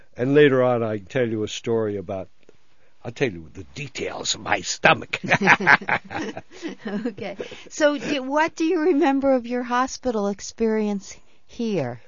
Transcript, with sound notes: And later on I'll tell you a story about, I'll tell you the details of my stomach. ( they laugh )
Okay. So what do you remember of your hospital experience here?